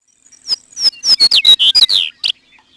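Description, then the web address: Chestnut-collared Longspur song, a rapid warbled series of clear slurred whistles, most dropping in pitch. "Peterson North American Birds"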